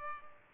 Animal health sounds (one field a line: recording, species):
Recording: mosquito wingbeat signal from an infrared sensor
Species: Culex pipiens